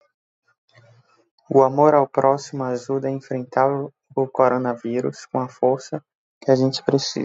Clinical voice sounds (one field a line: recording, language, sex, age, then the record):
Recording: spoken sentence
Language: Brazilian Portuguese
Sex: male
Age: 20 to 29 years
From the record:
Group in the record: control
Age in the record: 22 years